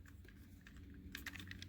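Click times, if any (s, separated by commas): none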